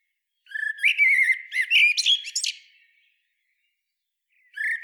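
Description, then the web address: Common blackbird song: one warbled phrase of low flute-like whistles ending in brief high squeaks, then the start of the next phrase. "SETE data Turdus merula"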